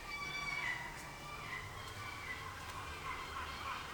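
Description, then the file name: Gull giving drawn-out mewing cries, the first long and wavering, later ones shorter, against steady low rumble. Seagulls recorded at dawn on 20 July 2020. "2020 07 20 seagulls at dawn"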